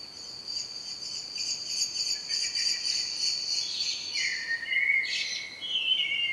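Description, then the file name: Common blackbird calling with a fast, buzzy chatter of high repeated notes, then a lower warbled phrase that drops and wavers near the end. "Turdus merula"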